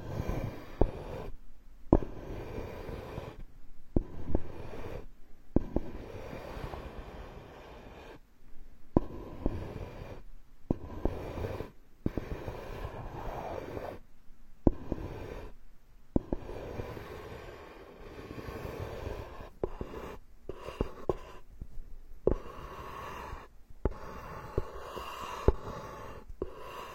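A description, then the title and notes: An ear massage with ear picking: dense, rough scratching and rubbing sounds fill most of the clip, low and muffled with some brighter rasp. The rubbing comes in bursts broken by brief silent gaps every second or two, with occasional sharp clicks. Tree Ear Picking Supreme Spa Ear Massage.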